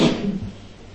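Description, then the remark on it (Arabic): A single sharp sneeze bursts out loudly at the start, a breathy, hissing blast that quickly fades into a low, lingering rumble with no talking. “رحمك الله”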